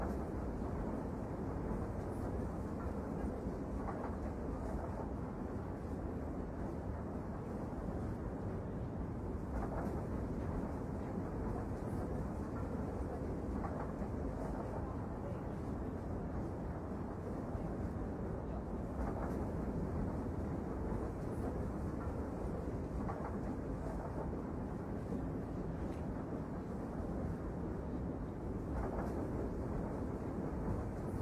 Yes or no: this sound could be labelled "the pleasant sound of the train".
yes